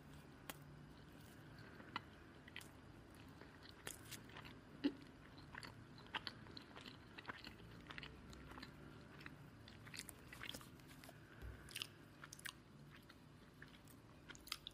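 A person eating, with frequent crisp, crunchy bites and chewing clicks scattered unevenly across the whole stretch. The sharpest crunches land around five, twelve and near the end. A low, soft murmur runs steadily underneath the chewing.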